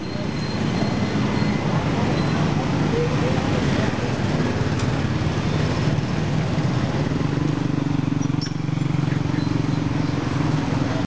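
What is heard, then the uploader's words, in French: Traffic in the centre of Kampong Cham keeps up a steady, dense rumble throughout, with low engine hum that thickens after about seven seconds. Faint voices mix into the din, and a few brief higher clicks and squeaks poke through near five and eight seconds. Circulation au centre de Kampong Cham.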